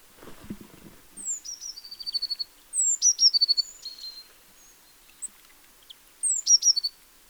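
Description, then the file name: Eurasian blue tit song given three times: thin high descending notes, then a fast trill, with a brief low knock at the start. "Cyanistes caeruleus"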